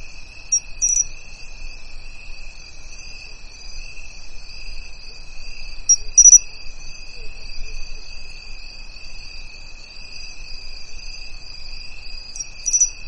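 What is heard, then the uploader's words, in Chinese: Crickets in a dry bamboo grove keep up a steady, high, ringing trill that never breaks across the whole recording. Brief brighter chirps cut in near the start, around six seconds, and again at the end, over a faint low rumble of wind. 干枯竹林里的蟋蟀 频率1+3次 大自然声音。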